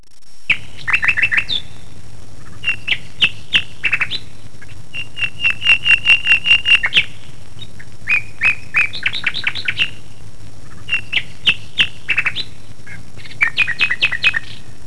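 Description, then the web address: Bird chirping in rapid runs of short, high, sharp notes, some trilled series, over a steady low rumbling background hum. "特酷声音素材库 动物 鸟 Bird"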